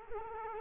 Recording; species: mosquito wingbeat signal from an infrared sensor; Culex quinquefasciatus